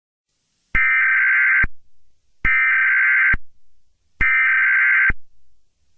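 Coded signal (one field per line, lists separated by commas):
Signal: Emergency Alert System (SAME) tones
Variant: header bursts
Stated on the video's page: Fictional EAS scenario made with sounds from other sources.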